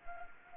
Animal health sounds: mosquito wingbeat signal from an infrared sensor; Anopheles arabiensis

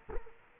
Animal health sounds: mosquito wingbeat signal from an infrared sensor; Culex quinquefasciatus

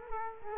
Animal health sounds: mosquito wingbeat signal from an infrared sensor; Culex quinquefasciatus

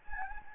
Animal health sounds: mosquito wingbeat signal from an infrared sensor; Anopheles gambiae

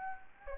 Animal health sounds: mosquito wingbeat signal from an infrared sensor; Anopheles gambiae

